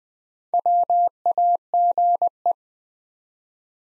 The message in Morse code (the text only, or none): WAGE